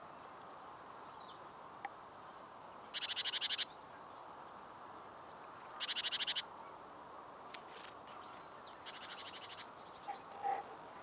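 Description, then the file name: Great tit scolding rattles: three short, rasping pulsed bursts a few seconds apart, the last one softer, and scattered faint high chirps in the background. "Parus major"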